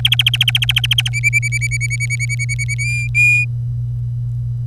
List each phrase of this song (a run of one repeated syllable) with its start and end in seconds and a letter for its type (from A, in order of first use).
0.05-1.09 A, 1.13-2.74 B, 2.78-3.45 C